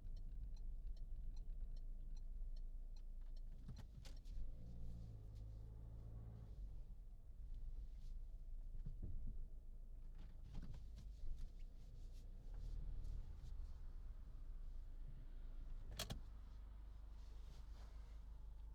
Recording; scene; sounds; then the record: everyday scene through a hearing-aid microphone; in a vehicle; engine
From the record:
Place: Berlingo II, diesel engine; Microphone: in the ear canal, left